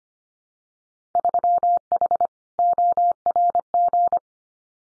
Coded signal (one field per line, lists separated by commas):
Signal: Morse code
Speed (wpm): 25 wpm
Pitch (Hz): 700 Hz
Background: none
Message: 3H ORG